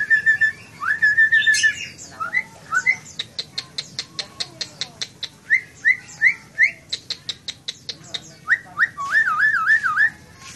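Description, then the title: Nias hill myna song: loud whistled notes, a rapid series of sharp clicks, short rising whistles and a wavering whistled phrase, mixed with harsh squawks. Loud, prolific singing, intended as a masteran model for training other songbirds. "Burung Jalak Nias Gacor Suara Super Gledek Untuk Masteran"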